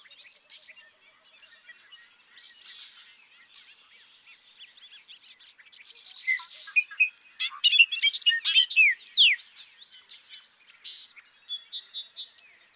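Bobolink song, soft scattered twittering at first, then a loud bubbling outburst of metallic, jumbled notes in the middle before fading to quieter chatter.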